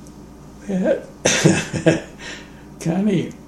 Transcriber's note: laughs